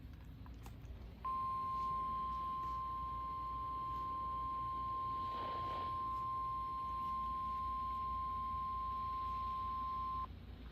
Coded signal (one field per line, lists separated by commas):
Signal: Emergency Alert System (SAME) tones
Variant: 1050 Hz attention tone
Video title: EAS Severe Thunderstorm Warning on NOAA Radios at 7AM in the morning (6/25/2024) EAS #391